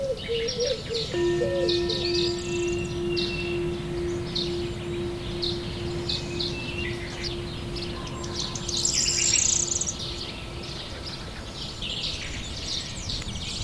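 Nature sounds: birds chirp and twitter steadily through the whole recording, with a denser, brighter run of calls around the nine-second mark. A single held mid-pitched tone sounds from about one second to ten seconds over a low, constant rumble.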